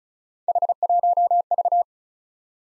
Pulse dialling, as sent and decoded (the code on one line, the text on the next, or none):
none